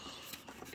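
A plastic filter cover is worked by hand against a vacuum body after a failed first try, with soft scraping and light tapping handling sounds. Nothing has seated or clicked yet; the cover later snaps into place but turns out to be on upside down.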